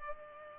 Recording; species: mosquito wingbeat signal from an infrared sensor; Culex pipiens